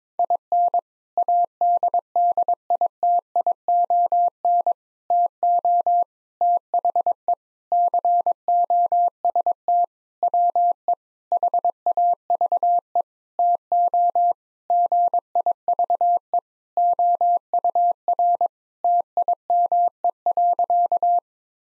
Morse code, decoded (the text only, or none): IN ADDITION TO THE COST WE HAVE TO GIVE OUR TIME.